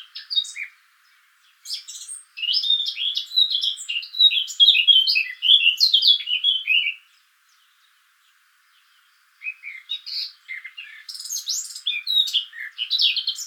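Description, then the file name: Eurasian blackcap song with a chattering start rising to rich whistled notes that fall away, a silent gap, then a fresh warbled phrase. "Sylvia atricapilla"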